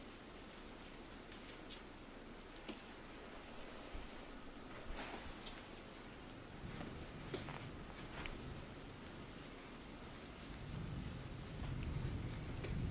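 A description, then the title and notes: Hands work over skin during a full body sport massage, a steady soft hiss of rubbing with brief brushing swipes every second or two, clearest around the middle. Toward the end a low, thumping rumble grows beneath the strokes, and the sound gets slightly louder. ASMR Full Body Sport Massage by Olga.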